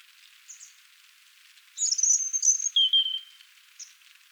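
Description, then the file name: European robin song: very high thin trill followed by a lower clear whistled note, with faint soft notes before and after. "Erithacus rubecula"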